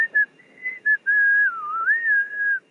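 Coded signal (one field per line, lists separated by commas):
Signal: whistled language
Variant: Khasi jingrwai iawbei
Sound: a few short whistled notes, then one long whistle dipping and rising in pitch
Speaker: And then we both got whistle names. - What? That's so cool!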